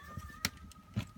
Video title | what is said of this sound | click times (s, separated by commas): Lego MOC Lightrunner to go with your new Lego 21314 Tron:Legacy Lightbikes Pt.2 | we'll put those two in they just pop into place | 0.4 s